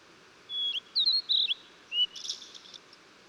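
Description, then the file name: Blue-and-white flycatcher giving a short song of clear sliding whistles followed by a low note and a soft buzzy trail. Recorded 14 June 2009. "20090614 ooruri"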